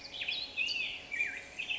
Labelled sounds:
Black-headed Grosbeak (Pheucticus melanocephalus)
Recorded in Sonoma County, California

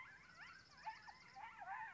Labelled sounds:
Bewick's Wren (Thryomanes bewickii)
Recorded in Sonoma County, California

